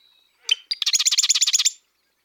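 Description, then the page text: Marsh wren song: a short buzzy note, then a rapid rattling trill of about a dozen harsh repeated notes lasting roughly one second. Marsh wren of 100% western ancestry singing western song; western and eastern populations remain genetically and culturally distinct across a broad overlap zone in southern Saskatchewan, North America. "The songs and genes of Marsh Wrens tell of two species in North America - American Ornithological Society"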